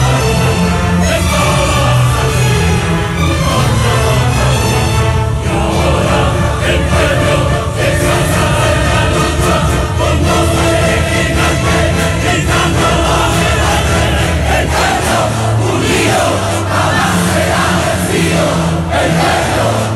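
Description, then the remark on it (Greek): A large crowd in a square in Chile sings a protest song together in unison with raised fists, many voices loud and sustained throughout, with a steady chanting rhythm and a dense, roaring wash of sound beneath the melody. “Και αμέσως αρχίζει ο κόσμος να το τραγουδάει.”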